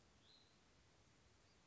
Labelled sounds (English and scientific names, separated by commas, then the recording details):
Hutton's Vireo (Vireo huttoni)
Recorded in Sonoma County, California